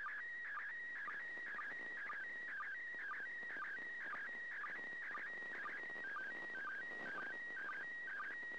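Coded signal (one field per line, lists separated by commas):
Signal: SSTV (slow-scan television)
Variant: PD120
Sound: warbling, stepping whistle-like tone with short low chirps about twice a second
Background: radio static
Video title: 29th Third Pass. Slow Scan Television (SSTV) images transmitted from the International Space Station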